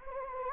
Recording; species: mosquito wingbeat signal from an infrared sensor; Anopheles gambiae